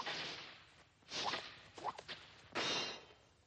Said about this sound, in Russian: Между ними пролетают стрелы. Опомнившись, Андрей подставил щит, загородив Ивана.